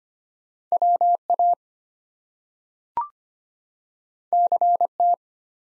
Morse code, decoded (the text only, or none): WA CT